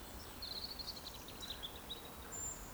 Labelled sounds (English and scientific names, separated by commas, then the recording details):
Eurasian Woodcock (Scolopax rusticola) whistle
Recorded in Baden-Württemberg, Germany, on 15 June 2020 at 20:12 UTC
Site 14569, 102 m above sea level